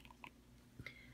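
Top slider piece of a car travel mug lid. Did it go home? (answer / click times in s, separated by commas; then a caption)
yes / 0.9 s. The plastic top slider piece of a MIRA car travel mug lid is placed back on and slid into position, with a few light plastic ticks early on and a soft low bump just before a sharp click at 0.9 s. The piece clicks into place and seats, leaving the mug ready for use.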